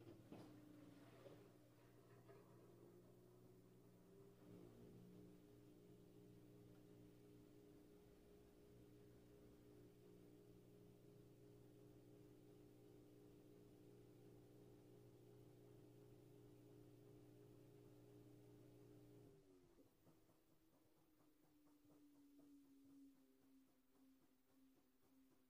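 A laundry washing machine runs with a steady low motor hum and a layered drone of several tones, plus a faint hiss on top. Around the five-second mark the pitch settles and holds; near nineteen seconds the drone drops away, leaving a softer, shifting whir.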